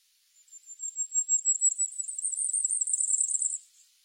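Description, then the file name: Common bisbis: small bird song: a very high, thin, rapid twittering series rising slightly and getting louder over about three seconds, with no other clear sounds. "Canto do bisbis comum"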